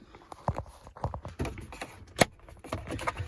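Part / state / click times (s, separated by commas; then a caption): shifter handle boot clipping onto the steering column cover / seated / 0.5 s, 1.0 s, 2.2 s. Sharp, short plastic clicks at 0.5 s, 1.0 s and 2.2 s as the plastic clips of the rubber/plastic shifter handle boot on a 2010 Ford F150 (Tow/Haul switch shifter handle), slid down and lined up with the locating tab, are pushed onto the steering column cover. Softer handling taps fill the gaps between the clicks. The boot snaps into place and is seated.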